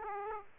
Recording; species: mosquito wingbeat signal from an infrared sensor; Aedes aegypti